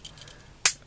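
A plastic building brick piece is pressed onto the front of a cheap plastic toy forklift model after a struggle to make it fit. Two faint taps at 0.1 and 0.3 seconds come before a single loud, sharp plastic click at 0.7 seconds, as the part snaps into place and is seated.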